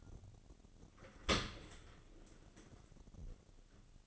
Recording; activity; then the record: daily activity, microphone in the room; open dishwasher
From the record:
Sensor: 4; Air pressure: 1003.9 hPa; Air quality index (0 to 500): 152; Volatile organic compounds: 2 ppm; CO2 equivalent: 1084 ppm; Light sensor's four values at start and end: 21/50/21/22 and 22/54/22/23